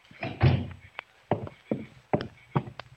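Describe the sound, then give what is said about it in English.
A door is pushed shut with a heavy, low thud, followed by a string of irregular knocks and clicks as it settles and latches, with a brief sharp tap in between. “Doris, shut the door.”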